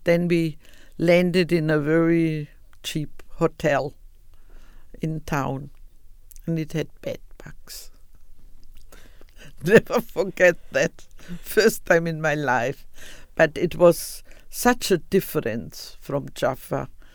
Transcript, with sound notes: But then we landed in a very cheap hotel in town. And it had bed bugs. [Laughs] Never forget that! The first time in my life. But it was such a difference from Jaffa,